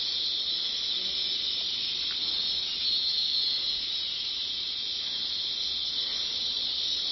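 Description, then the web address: Cicada holding a constant high-pitched buzzing whine at an even level throughout, with a little low background noise. At Sungai Liang, Brunei, on 9 July 2019. "brunei 20190709 sungai liang cicada"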